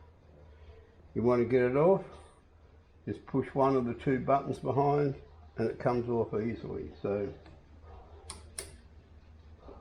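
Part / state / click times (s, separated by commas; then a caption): phone case into bike handlebar mount / seated / 8.3 s, 8.6 s. A phone in its case is lined up on a Peak Design out-front bike handlebar mount, where a magnet pulls it in and it latches, seating with clicks at 8.3 s and 8.6 s. Before that, someone talks.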